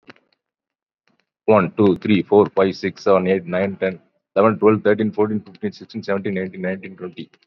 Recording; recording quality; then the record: counting at a fast pace; excellent, no background noise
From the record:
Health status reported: COVID-19 positive, mild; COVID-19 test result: positive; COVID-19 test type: RT-PCR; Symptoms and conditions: breathing difficulty, fatigue, muscle pain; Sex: male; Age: 48 years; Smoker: no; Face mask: not worn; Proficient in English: no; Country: India